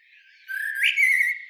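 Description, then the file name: Eurasian blackbird song note: a single clear whistle that swoops upward, then levels off and holds briefly. "Turdus merula"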